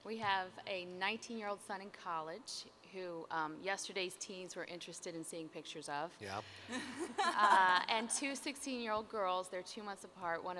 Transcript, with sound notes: We have a 19-year old son in college who yesterday’s teens were interested in seeing pictures of, (laughter) and two 16-year old girls. They’re two months apart.